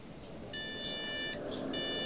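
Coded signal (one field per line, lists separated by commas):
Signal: beep code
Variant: PC POST beeps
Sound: a long buzzy electronic beep, a short pause, then another beep starting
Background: low fan hum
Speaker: Ayan guys, nagbi-beep sound na siya.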